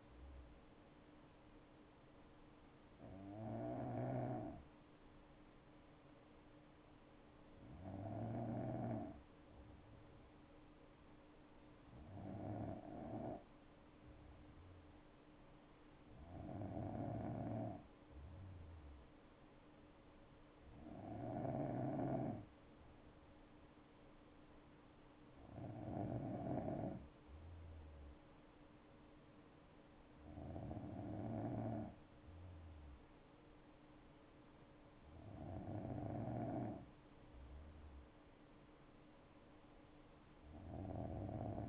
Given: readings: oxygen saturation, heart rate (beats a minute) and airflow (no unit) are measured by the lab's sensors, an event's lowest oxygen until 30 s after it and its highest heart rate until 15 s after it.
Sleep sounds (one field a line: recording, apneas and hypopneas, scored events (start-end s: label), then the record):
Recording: breathing in sleep by a voice recorder at the bedside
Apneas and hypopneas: none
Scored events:
none scored
From the record:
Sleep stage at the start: N2 (light sleep)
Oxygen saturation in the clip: 93 to 94%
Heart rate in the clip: 60 to 71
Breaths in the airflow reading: 8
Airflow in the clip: -5.8 to 6.2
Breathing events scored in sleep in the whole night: 228 in 5.4 hours asleep